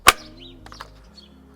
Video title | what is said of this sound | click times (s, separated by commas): Ryobi Hedge Trimmer: Review and how to maintain it | just push it in into the until you hear the click | 0.1 s